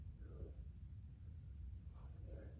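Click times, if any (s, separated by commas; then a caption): none. A fuel line quick-connect coupling is handled at the new in-line fuel filter under a Ford F250/F350 Super Duty V10 truck, with low rumbling background noise and faint soft handling sounds. Nothing has seated or clicked yet.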